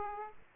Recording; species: mosquito wingbeat signal from an infrared sensor; Aedes aegypti